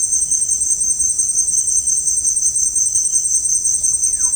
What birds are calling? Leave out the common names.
Psarocolius angustifrons